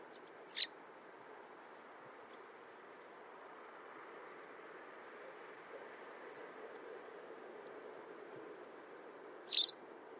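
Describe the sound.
White wagtail call notes: one sharp high chirp at the start and another near the end, with a long quiet stretch of low hiss between them.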